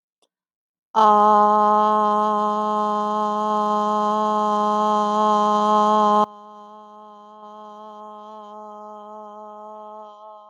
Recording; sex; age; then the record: vowel held as long as possible; female; 30 to 39 years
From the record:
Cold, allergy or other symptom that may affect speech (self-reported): no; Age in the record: 39 years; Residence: United States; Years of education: 14